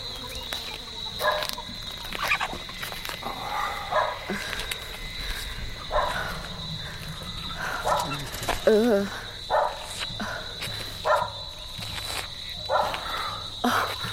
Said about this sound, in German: Die Gassen, die sie passieren, bieten einen verstörenden Anblick. Überall Abfälle, streunende Hunde, Schwärme von Fliegen.